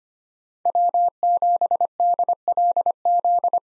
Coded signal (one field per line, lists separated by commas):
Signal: Morse code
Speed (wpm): 25 wpm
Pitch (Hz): 700 Hz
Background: none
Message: W7DLZ